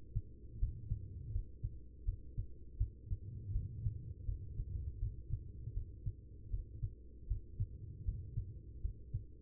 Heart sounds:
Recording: heart sounds by stethoscope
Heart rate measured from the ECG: 80 bpm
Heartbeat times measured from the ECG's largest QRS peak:
0.59 s: heartbeat
1.32 s: heartbeat
2.05 s: heartbeat
2.77 s: heartbeat
3.52 s: heartbeat
4.25 s: heartbeat
4.99 s: heartbeat
5.73 s: heartbeat
6.50 s: heartbeat
7.27 s: heartbeat
8.04 s: heartbeat
8.81 s: heartbeat
From the record:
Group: healthy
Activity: rest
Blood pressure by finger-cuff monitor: 118/76 mmHg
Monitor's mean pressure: 90 mmHg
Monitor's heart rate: 79 bpm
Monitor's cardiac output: 5.6 L/min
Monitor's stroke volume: 70 mL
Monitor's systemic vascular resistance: 1150 dyn s/cm5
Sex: female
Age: 43 years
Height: 160 cm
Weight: 90 kg

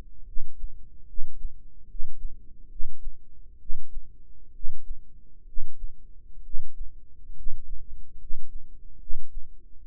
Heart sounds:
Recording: heart sounds by microphone in the right ear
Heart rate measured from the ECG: 69 bpm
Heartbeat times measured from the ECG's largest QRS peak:
0.24 s: heartbeat
1.06 s: heartbeat
1.86 s: heartbeat
2.68 s: heartbeat
3.58 s: heartbeat
4.52 s: heartbeat
5.45 s: heartbeat
6.42 s: heartbeat
7.34 s: heartbeat
8.17 s: heartbeat
8.98 s: heartbeat
9.79 s: heartbeat
From the record:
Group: healthy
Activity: rest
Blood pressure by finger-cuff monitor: 122/68 mmHg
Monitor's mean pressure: 83 mmHg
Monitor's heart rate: 73 bpm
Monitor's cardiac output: 7.3 L/min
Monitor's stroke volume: 100 mL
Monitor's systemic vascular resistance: 830 dyn s/cm5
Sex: male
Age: 35 years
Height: 180 cm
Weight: 86.9 kg

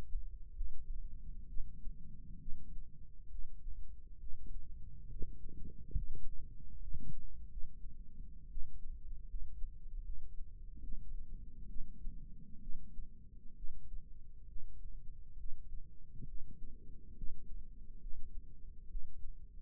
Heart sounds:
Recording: heart sounds by microphone in the left ear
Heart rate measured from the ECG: 69 bpm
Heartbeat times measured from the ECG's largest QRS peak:
0.55 s: heartbeat
1.48 s: heartbeat
2.40 s: heartbeat
3.30 s: heartbeat
4.19 s: heartbeat
5.08 s: heartbeat
5.95 s: heartbeat
6.80 s: heartbeat
7.49 s: heartbeat
8.50 s: heartbeat
9.28 s: heartbeat
10.04 s: heartbeat
10.82 s: heartbeat
11.68 s: heartbeat
12.61 s: heartbeat
13.56 s: heartbeat
14.48 s: heartbeat
15.37 s: heartbeat
16.27 s: heartbeat
17.15 s: heartbeat
18.00 s: heartbeat
18.89 s: heartbeat
From the record:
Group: healthy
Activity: rest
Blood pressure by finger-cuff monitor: 135/70 mmHg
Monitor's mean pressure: 92 mmHg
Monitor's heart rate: 67 bpm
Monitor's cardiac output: 6.6 L/min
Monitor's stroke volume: 95 mL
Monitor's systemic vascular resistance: 1040 dyn s/cm5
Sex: female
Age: 37 years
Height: 168 cm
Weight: 70 kg

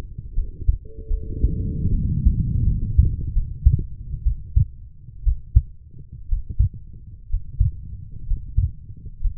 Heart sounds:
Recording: heart sounds by stethoscope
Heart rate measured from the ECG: 68 bpm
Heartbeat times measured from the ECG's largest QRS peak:
0.34 s: heartbeat
1.08 s: heartbeat
1.90 s: heartbeat
2.63 s: heartbeat
3.33 s: heartbeat
4.23 s: heartbeat
5.23 s: heartbeat
6.28 s: heartbeat
7.29 s: heartbeat
8.26 s: heartbeat
9.20 s: heartbeat
From the record:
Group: healthy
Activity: Valsalva maneuver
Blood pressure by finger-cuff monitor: 102/68 mmHg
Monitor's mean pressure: 78 mmHg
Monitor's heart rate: 69 bpm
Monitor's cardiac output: 5.5 L/min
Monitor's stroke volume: 76 mL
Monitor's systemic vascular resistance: 1030 dyn s/cm5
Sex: female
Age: 23 years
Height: 160 cm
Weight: 50.4 kg

